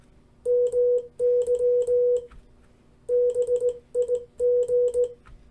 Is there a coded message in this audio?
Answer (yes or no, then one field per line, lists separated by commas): yes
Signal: Morse code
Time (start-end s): 0.5-5.1 s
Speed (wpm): 18 wpm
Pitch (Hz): 490 Hz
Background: none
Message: MY BIG